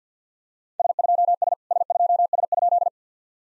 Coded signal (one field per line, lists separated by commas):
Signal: Morse code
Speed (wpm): 54 wpm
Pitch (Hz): 700 Hz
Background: none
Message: S2S S2S?